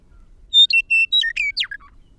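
Bird song: one brisk phrase opening with a loud clear whistle, then steady whistled notes and quick slurred chirps, ending in a sharp downward sweep and two lower notes.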